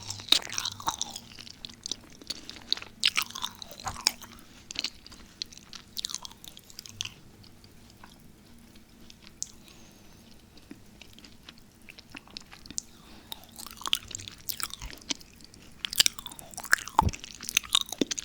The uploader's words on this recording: ASMR Sweet Macaron Triggers.